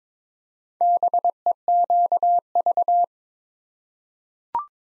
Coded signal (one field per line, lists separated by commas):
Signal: Morse code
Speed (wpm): 22 wpm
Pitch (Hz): 700 Hz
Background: none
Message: BEQV